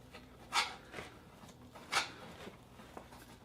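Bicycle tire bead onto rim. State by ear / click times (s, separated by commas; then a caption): not seated / none. A tire lever works the last section of a bicycle tire bead over the rim edge, producing rubbing, scraping strokes with louder bursts near 0.6 s and 2.0 s and a small sharp tick near 3.0 s. The bead is still being handled, and nothing has seated or clicked yet.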